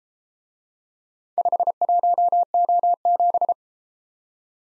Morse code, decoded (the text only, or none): 51O7